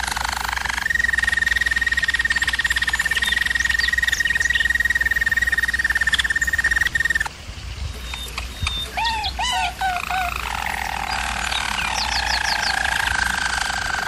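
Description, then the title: German Roller canary singing a long, even roll held for about six seconds, then a pause, looping bubbling notes and a fresh rolling phrase. Singing used for canary training. "German Roller Canary Singing - Canary Training Vid"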